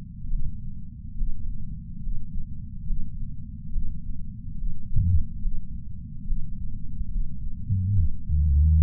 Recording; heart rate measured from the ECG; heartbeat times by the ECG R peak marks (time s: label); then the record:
heart sounds by patch sensor on the chest; 71 bpm
0.29 s: heartbeat
1.16 s: heartbeat
2.02 s: heartbeat
2.86 s: heartbeat
3.71 s: heartbeat
4.57 s: heartbeat
5.40 s: heartbeat
6.26 s: heartbeat
7.10 s: heartbeat
7.94 s: heartbeat
8.79 s: heartbeat
From the record:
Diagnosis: coronary artery disease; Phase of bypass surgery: preoperative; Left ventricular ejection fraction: 61.7%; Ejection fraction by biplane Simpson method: 55%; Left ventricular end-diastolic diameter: 51 mm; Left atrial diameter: 36 mm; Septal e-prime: 7.9 cm/s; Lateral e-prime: 10.3 cm/s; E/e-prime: 9.8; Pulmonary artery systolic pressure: 23 mmHg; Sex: male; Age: 58 years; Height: 160 cm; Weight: 70 kg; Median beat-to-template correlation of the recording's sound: 0.83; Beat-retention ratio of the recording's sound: 0.99